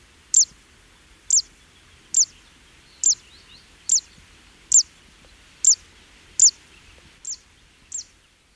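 Fan-tailed warbler calling: a sharp, very high 'zit' note repeated about once a second, ten notes with the last two softer, over faint steady background hiss.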